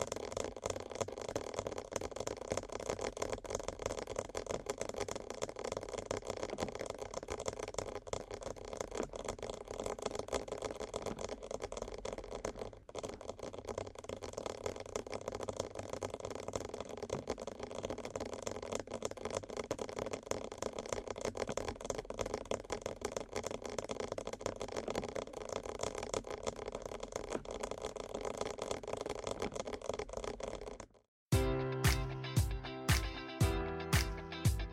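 Fast ear tapping forms a dense, steady rattling patter for half a minute, then after a brief gap turns to louder, evenly spaced taps.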